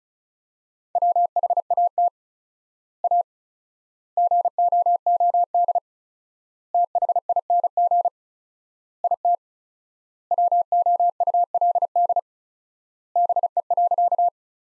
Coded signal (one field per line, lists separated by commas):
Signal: Morse code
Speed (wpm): 36 wpm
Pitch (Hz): 700 Hz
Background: none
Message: WHAT A GOOD THING IT WOULD BE.